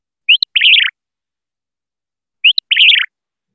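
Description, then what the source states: Southwestern Willow Flycatcher song, a short rising note followed by a buzzy, slurred phrase, given twice about two seconds apart with silence between. Played recording of the endangered southwestern subspecies, for comparison with a non-endangered subspecies; southwestern birds sing a lower-frequency song.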